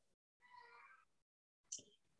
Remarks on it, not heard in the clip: Can you hear a baby crying right now? His father is attending to her. That's the sound of a bath, in case you wanted to know.